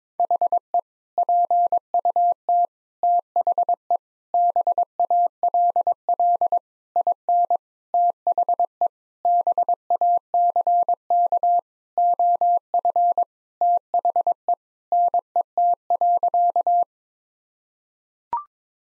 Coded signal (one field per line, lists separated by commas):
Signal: Morse code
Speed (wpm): 22 wpm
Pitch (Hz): 700 Hz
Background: none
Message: HE PUT THE BALL IN THE BACK OF THE NET.